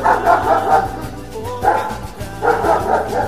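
A dog barks in three loud bursts of rapid, repeated woofs with short pauses between, over a steady low droning tone underneath.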